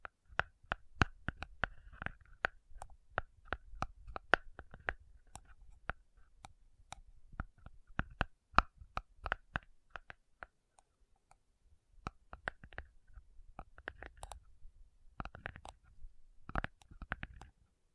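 Slow tapping on metal, sharp bright clicks at an irregular, unhurried pace with short pauses, over a soft low rumble between taps.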